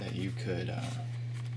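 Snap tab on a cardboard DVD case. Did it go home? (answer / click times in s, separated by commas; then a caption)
no / none. Someone talks while handling the small snap tab on the end of a one-piece cardboard "snapper" DVD case, a case named for the sharp snap it makes when it closes into place. A steady low hum runs underneath, and the clip ends before the closure snaps shut, so nothing has seated or clicked yet.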